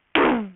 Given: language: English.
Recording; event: throat vibration sensor signal played as sound; throat clearing